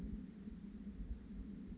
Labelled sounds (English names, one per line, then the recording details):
Anna's Hummingbird
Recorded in Sonoma County, California